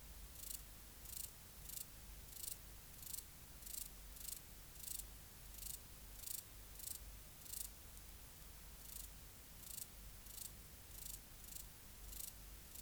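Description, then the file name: Large mountain grasshopper song: regular hissing pulses, about one every two-thirds of a second, against a low droning background. "Stauroderus scalaris"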